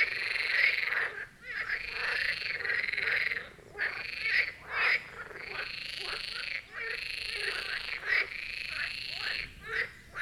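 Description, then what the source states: Dense marsh frog chorus, loud continuous rattling croaks from many frogs overlapping with only brief gaps. Chorus of marsh frogs at the Birkensee, Schönbuch, Germany; recorded on one of the first hot summer days of 2023.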